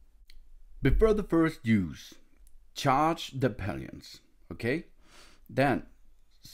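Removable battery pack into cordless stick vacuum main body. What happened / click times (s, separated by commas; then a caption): The battery pack clicked into its slot / 0.3 s. A removable battery pack is slid into the slot at the base of the main body of a Tineco Pure ONE S11 cordless stick vacuum, and it seats with a single short click at 0.3 s. Someone then talks for the rest of the clip.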